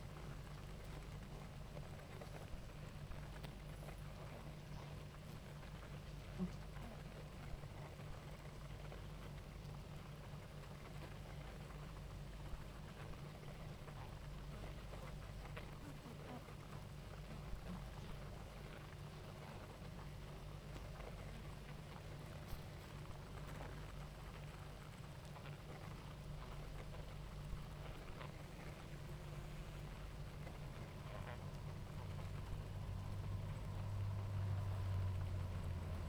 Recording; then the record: honeybee colony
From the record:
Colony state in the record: active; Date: 28 July 2017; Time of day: 18:51